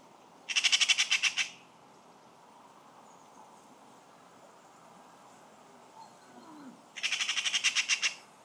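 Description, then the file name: Eurasian magpie giving two harsh, rattling chatter bursts, each a rapid run of dry clacks lasting about a second, separated by a quiet pause of several seconds. "Pica pica"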